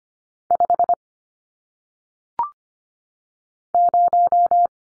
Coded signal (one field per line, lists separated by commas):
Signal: Morse code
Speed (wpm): 25 wpm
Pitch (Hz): 700 Hz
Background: none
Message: 5 0